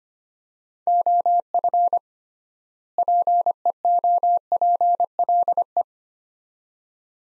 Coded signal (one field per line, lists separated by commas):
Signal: Morse code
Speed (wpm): 25 wpm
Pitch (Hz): 700 Hz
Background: none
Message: OF PEOPLE